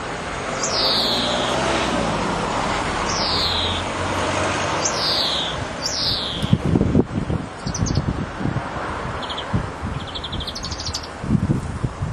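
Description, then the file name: European greenfinch calls: several high downslurred notes, then short trilled bursts, while road traffic rumbles and passing vehicles swell in the background. "Chloris chloris"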